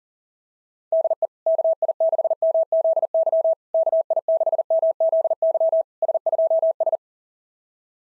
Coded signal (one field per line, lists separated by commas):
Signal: Morse code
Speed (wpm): 36 wpm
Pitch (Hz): 660 Hz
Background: none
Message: DE KI6MZY KI6MZY S2S